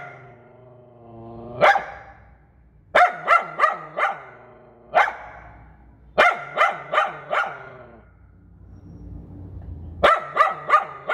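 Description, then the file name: Poodle giving quick runs of sharp barks, some single, separated by short quiet spells with a soft low drone. "Tieng cho poodle sua"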